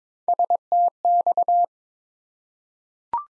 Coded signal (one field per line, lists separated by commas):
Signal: Morse code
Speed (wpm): 22 wpm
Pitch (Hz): 700 Hz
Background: none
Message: STX